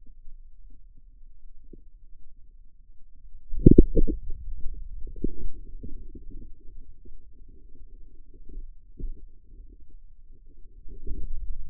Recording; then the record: forearm muscle sounds (acoustic myography)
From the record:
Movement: inward rotation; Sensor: system 2, bracelet of six BSWA MPA416 microphones around the upper forearm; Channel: 6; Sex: male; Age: 22 years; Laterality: right